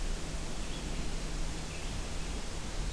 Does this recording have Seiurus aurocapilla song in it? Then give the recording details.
no. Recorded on 23 June 2016 at 07:50. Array SBT-6-76